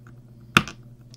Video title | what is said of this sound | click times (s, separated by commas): building the LEGO 3D survivor (entire body) | till you hear this click sound and then | 0.6 s